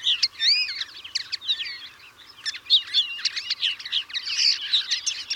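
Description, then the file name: European greenfinch calls, a busy run of twittering notes and rising chirps, in two bursts separated by a quieter patch. "Chloris chloris"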